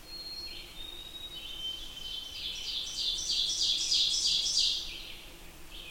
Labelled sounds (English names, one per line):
Ovenbird song